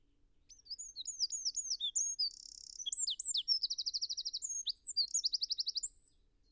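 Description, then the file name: Eurasian wren song of rapid high chips and slurs, a short buzz, then two fast rattling trills, all very high-pitched and energetic. "Troglodytes troglodytes"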